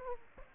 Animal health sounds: mosquito wingbeat signal from an infrared sensor; Aedes aegypti

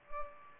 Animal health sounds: mosquito wingbeat signal from an infrared sensor; Culex pipiens

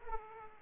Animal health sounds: mosquito wingbeat signal from an infrared sensor; Aedes aegypti

